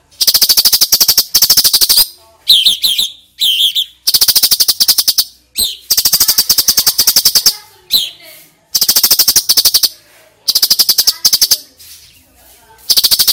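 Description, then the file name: Sooty-headed bulbul repeating dense bursts of fast pulsed chattering, mixed with brief downslurred notes, over about thirteen seconds. Female bird. "suara cucak cungkok betina"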